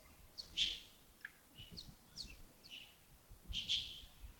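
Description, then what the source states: Bird calls, short high chirps and sharp notes in scattered bursts, a louder pair near the start and again near the end, over faint low rumble. Early morning at Yagongding, 28 December 2025, around 07:40.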